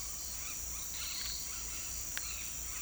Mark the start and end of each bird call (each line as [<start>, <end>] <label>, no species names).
[0.37, 1.32] bird call